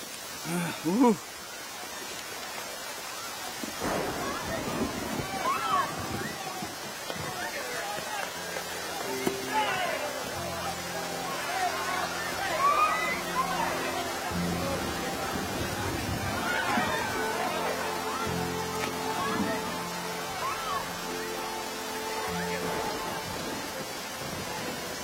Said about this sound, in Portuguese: Correr até lá? Tá chovendo.